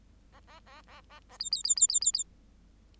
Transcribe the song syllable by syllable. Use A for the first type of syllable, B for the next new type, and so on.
A A A A A A B B B B B B B